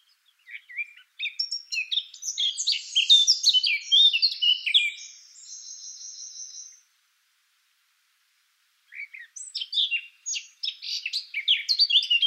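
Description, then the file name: Eurasian blackcap song: a dense jumbled warble ending in a buzzy trill, two seconds of silence, then another fast warbled phrase. "Sylvia atricapilla"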